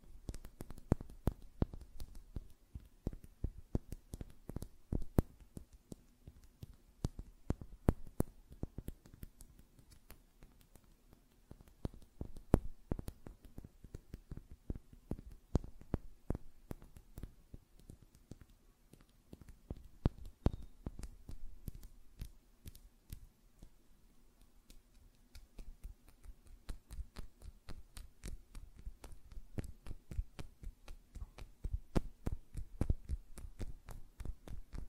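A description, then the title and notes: Rapid fingernail tapping in dense clicking bursts with brief pauses, over a faint low steady hum throughout. ASMR Tapping on Nails, Finger Fluttering, Hand Sounds (No Talking).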